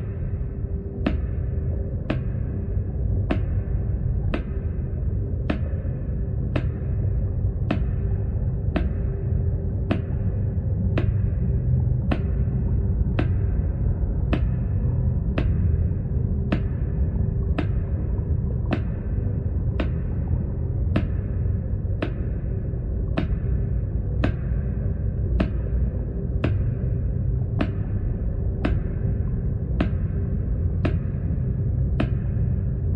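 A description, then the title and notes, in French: A metronome clicks at a slow, perfectly even pace, about one crisp tick every 1.3 seconds, over a steady low rumbling hum. Métronome.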